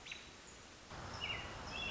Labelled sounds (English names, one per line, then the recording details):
American Robin
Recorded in Sonoma County, California